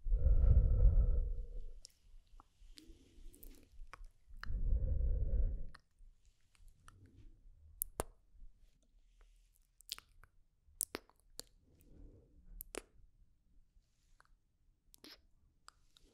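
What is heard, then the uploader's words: Slow, gentle mouth sounds: two heavier, muffled chewing or smacking bursts near the start and around five seconds. After that come sparse wet clicks and soft tongue pops every second or so. SLOW AND GENTLE MOUTH SOUNDS ASMR.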